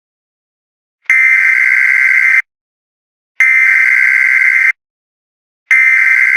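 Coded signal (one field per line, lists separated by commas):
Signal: Emergency Alert System (SAME) tones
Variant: header bursts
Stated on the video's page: Fictional EAS scenario recreation of an EF6 tornado warning.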